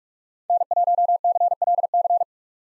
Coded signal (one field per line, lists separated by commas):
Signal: Morse code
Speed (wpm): 47 wpm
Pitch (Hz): 700 Hz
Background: none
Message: N1CLC